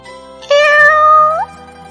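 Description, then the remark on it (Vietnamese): A single drawn-out meow from a black cat named Tiểu Hắc, steady and mid-pitched with a slight upward lift at the end, about one second long, heard alone with no talking. “Lúc ấy, chợt mèo đen kêu một tiếng, thu chân quay đầu lại.”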